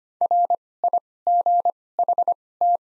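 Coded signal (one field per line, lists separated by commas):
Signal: Morse code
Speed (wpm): 25 wpm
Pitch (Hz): 700 Hz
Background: none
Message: RIGHT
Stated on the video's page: Morse practice of the top 300 words at 25 wpm with Farnsworth timing using doubled character spacing.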